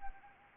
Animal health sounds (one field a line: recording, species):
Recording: mosquito wingbeat signal from an infrared sensor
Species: Anopheles arabiensis